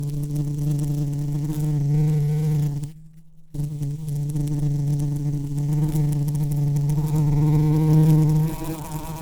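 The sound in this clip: Bee buzzing: a steady, low, droning hum with slight wavering in pitch, broken by a brief silent gap near the third second.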